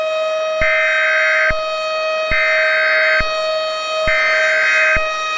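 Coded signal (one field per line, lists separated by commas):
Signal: Emergency Alert System (SAME) tones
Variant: header bursts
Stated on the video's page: Fictional made-up EAS scenario for entertainment, with valid or invalid EAS tones.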